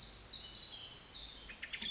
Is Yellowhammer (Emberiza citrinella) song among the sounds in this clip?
no